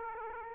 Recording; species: mosquito wingbeat signal from an infrared sensor; Aedes aegypti